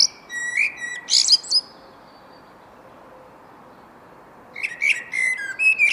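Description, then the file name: Common blackbird with a whistled and twittering phrase, a pause of about three seconds, then another similar phrase starting up. "Turdus merula"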